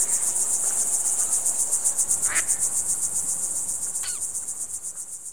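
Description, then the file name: Crickets chirp in a fast, regular train of high pulses, with a couple of brief other calls. "ducks frogs crickets"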